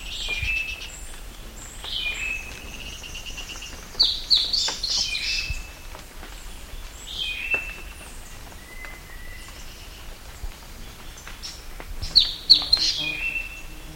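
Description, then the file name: Bird calls: slurred whistles and sharp chattering bursts at intervals, with faint high notes in the background. "SABIOD 50 bird 2015"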